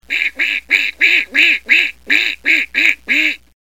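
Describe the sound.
Duck quacking: ten loud, nasal quacks in a steady series, about three per second, then silence.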